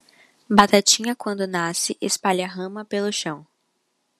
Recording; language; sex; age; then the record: short text; Brazilian Portuguese; female; 18 to 19 years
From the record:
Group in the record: control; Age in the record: 19 years